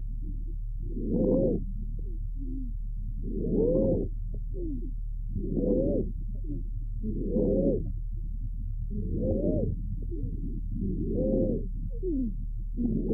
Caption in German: Giemtöne unterschiedlicher Frequenzen, die zu einem Fauchen vereinigt sind aufgenommen bei einem Pferd mit chronisch obstruktiver Bronchitis.